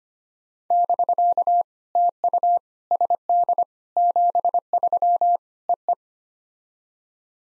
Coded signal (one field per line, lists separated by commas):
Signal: Morse code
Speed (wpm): 25 wpm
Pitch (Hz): 700 Hz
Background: none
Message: <BK> TU SD 73 EE